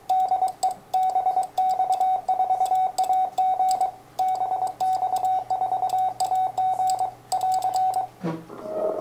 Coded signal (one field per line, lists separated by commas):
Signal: Morse code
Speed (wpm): 23 wpm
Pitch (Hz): 750 Hz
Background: none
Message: DE BX4AG BX4AG <AR>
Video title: UR5FA/MM 50.109 QRP FT-817 LOC PJ89 de BX4AG